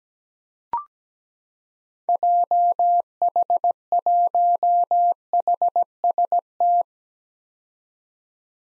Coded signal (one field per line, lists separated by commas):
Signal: Morse code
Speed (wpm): 17 wpm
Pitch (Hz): 700 Hz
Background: none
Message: JH1HST